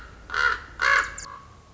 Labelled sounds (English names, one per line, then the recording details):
Common Raven
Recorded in Sonoma County, California